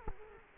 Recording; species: mosquito wingbeat signal from an infrared sensor; Culex quinquefasciatus